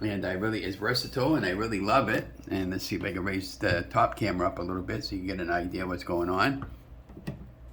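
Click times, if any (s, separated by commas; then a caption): none. Someone talks throughout while handling an attachment being fitted onto a 300-watt kitchen appliance, possibly a hand blender or mixer. Near the end, at about 7.3 s, there is a single short, sharp tick. Nothing has seated or clicked into place yet.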